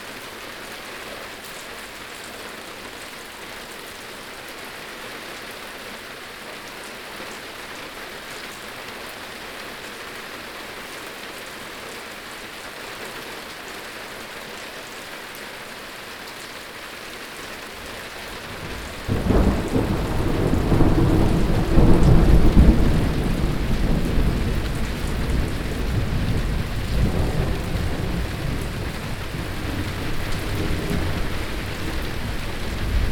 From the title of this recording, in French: Orage & pluie